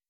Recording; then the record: hydrophone in a shrimp aquaculture tank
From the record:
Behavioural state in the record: weakened